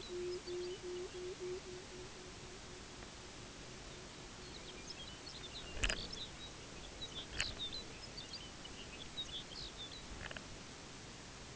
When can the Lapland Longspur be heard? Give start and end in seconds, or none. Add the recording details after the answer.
0.01-1.65, 4.26-10.09. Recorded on Arctic tundra, site UTQI-5, on 14 June 2019. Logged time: 14:00